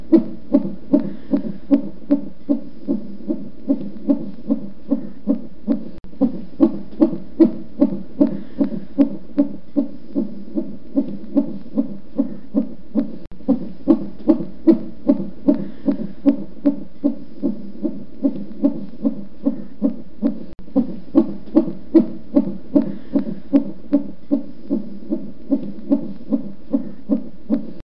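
Rapid, regular whooshing pulses at about 150 beats a minute, with a galloping, swishing quality over a low steady hum. This is a fetal heartbeat picked up by Doppler.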